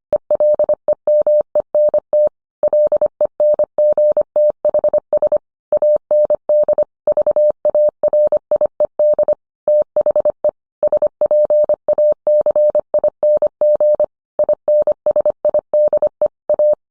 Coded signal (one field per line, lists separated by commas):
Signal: Morse code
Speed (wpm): 25 wpm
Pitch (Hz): 600 Hz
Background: none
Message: ELEMENT LENGTHS AND VARIED THE SPACING INSIDE A